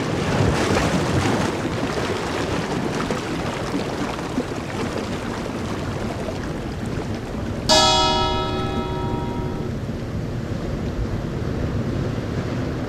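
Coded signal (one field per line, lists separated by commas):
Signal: bell signal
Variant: lighthouse fog bell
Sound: steady surf and wind noise, then a single ringing bell stroke fading over two seconds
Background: ocean surf noise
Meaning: Fog signal identifying the lighthouse: one bell stroke every 15 seconds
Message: 1 stroke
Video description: A bell was used as the fog signal. The bell rang once followed by 15 seconds of silence.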